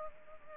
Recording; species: mosquito wingbeat signal from an infrared sensor; Culex pipiens